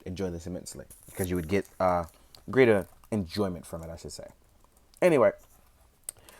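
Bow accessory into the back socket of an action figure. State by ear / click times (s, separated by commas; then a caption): seated / 6.1 s. Someone talks, then a bow accessory is pushed into the socket on the back of a plastic McFarlane 7-inch Fortnite Cuddle Team Leader action figure. It pops in with a short, sharp click at 6.1 s, seated and fitting very easily.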